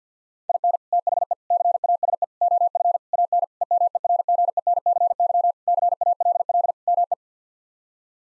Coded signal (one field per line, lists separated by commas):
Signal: Morse code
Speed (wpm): 50 wpm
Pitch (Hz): 700 Hz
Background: none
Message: IN THE CASE OF AN EMERGENCY CALL ME